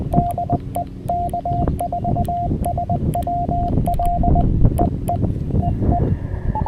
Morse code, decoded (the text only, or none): DE K4SWL EE EE